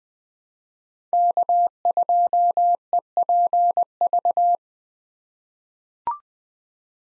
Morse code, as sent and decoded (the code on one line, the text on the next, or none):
-.- ..--- . .--. ...-
K2EPV